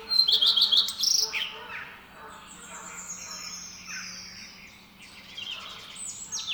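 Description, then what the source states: Bird song, a rapid high warbling run at the start, then thin, falling whistled notes and short chirps, with some faint background song. Song, recorded in the UK.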